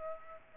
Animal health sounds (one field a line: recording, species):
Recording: mosquito wingbeat signal from an infrared sensor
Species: Aedes aegypti